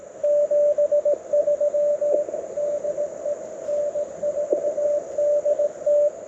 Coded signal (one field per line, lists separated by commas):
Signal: Morse code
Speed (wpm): 21 wpm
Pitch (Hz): 610 Hz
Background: none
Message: 73 DE N4DT